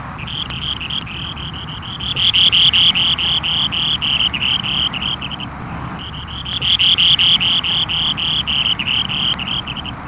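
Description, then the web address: Saunders's gull giving high, rapid chattering notes in two long runs. "larus saundersi"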